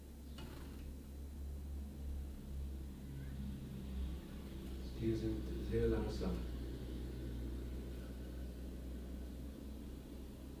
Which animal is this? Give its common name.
Common Chiffchaff